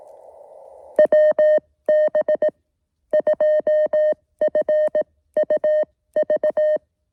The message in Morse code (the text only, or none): WB2FUV